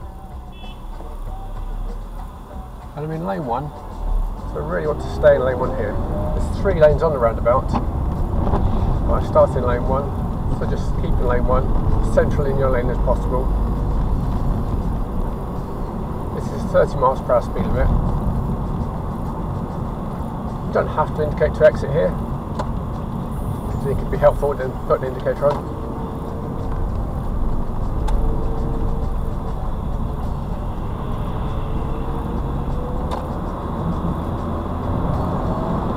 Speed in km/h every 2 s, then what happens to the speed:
0, 0, 11, 19, 29, 31, 42, 40, 40, 42, 40, 37, 37, 37, 35, 37, 44, 52.
0-3 standing. 3-12 pulls away to 42. 12-19 steady at about 40. 19-29 slows to 35. 29-36 speeds up to 52.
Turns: 7-17.